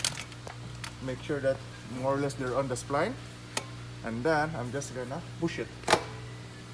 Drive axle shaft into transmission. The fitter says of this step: if you hear click that's it you're in